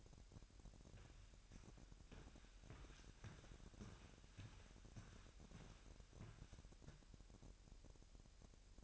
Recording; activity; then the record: daily activity, microphone in the room; walk to room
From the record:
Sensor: 2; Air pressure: 1012.1 hPa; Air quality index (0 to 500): 147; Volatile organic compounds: 2 ppm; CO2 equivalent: 1065 ppm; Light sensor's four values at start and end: 87/207/85/84 and 86/204/84/83